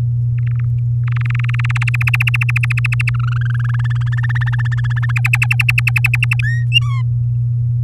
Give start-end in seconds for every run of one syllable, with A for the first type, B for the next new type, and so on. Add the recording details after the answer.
0.38-1.84 A, 1.87-3.10 B, 3.14-4.03 C, 4.06-5.12 D, 5.16-6.36 E, 6.43-6.65 F, 6.72-7.02 G. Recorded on 10 May 2018 at 06:16. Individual llb16